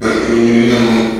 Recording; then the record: squeal of a Yucatan mini pig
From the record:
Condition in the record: after surgery on the right vocal fold (resection and tissue-engineered implant); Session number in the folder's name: 2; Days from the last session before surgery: 13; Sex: male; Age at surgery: 12 weeks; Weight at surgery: 13 kg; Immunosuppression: cyclosporine, prednisolone